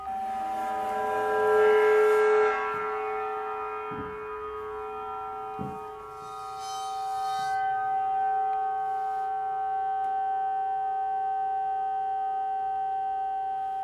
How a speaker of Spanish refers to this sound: Y al frotarlos en las orillas de estos cuencos puede sacar otros sonidos diferentes a los sonidos habituales o clásicos de estos instrumentos. Ese es el cuenco y el gong.